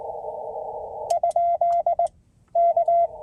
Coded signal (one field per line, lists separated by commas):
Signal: Morse code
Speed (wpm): 22 wpm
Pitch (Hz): 680 Hz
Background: none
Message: ? K